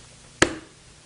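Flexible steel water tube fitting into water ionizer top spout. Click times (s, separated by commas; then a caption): 0.4 s. The keyed fitting of a flexible steel water tube is lined up with the flat spot on the top spout of a Samsung Vesta water ionizer and pushed in firmly. It gives a single sharp click at 0.4 s, followed by a brief ringing tail, over quiet background. The click means the fitting is seated well in the spout.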